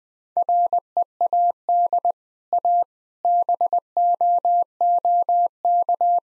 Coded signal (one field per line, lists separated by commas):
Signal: Morse code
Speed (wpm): 21 wpm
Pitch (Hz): 700 Hz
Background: none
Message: READ A BOOK